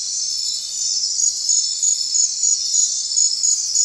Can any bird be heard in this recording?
no